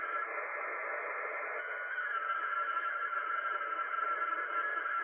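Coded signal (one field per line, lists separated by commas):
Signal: HF data modem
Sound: continuous dense hissing warble of many stacked tones, steady level throughout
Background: radio static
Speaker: it's establishing a connection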